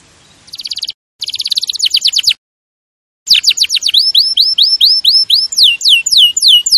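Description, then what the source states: Canary song: fast trills broken by short pauses, then after a silence a long series of repeated slurred whistled notes. Champion canary song used as a master recording for training other birds.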